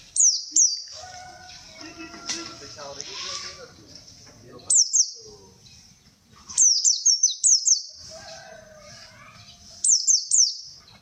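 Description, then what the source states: White-eye song, quick high descending chirp series repeated in bursts, over background noise with other mid-pitched sounds. Pleci in ngalas ngeroll singing style.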